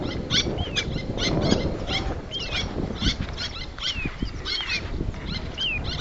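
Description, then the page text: Little tern calling: harsh clipped notes mixed with several clear downward-sliding squeaky whistles, against low rumbling background noise. "Albert Lastukhin - Малая крачка (Sterna albifrons)"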